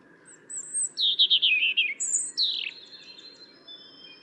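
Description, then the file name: European robin giving a short, high, sweet phrase of thin high notes and quick descending trills, against a steady background hum. "Erithacus rubecula"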